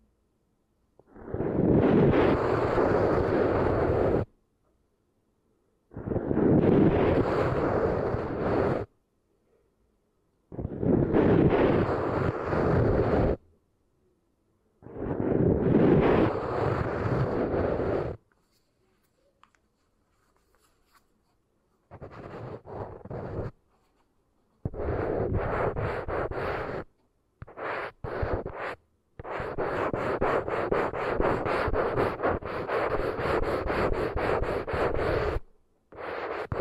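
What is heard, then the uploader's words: Close, loud scratching and rubbing right against the ears comes in rough bursts of a few seconds, separated by silence, turning choppier later. ASMR Intense Brain Tingles with Eardrum Treatment (No Talking).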